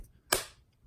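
A shaft with its snap ring is pressed down into the rear limited slip differential during a Volvo 850 T-5R AWD swap. A single sharp metallic snap is heard at 0.3 s, with a bright tail fading over about a quarter second against near silence. The snap ring has clipped into its groove and the shaft is locked in, with a little play.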